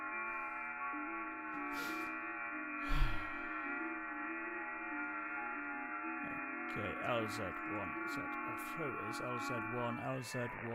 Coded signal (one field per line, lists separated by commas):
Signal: FT8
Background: speech